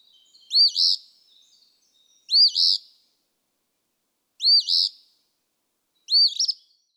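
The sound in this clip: Eastern phoebe singing four raspy two-part phrases, roughly every two seconds, a sharp slurred note then a buzzy trailing one, with faint chatter between.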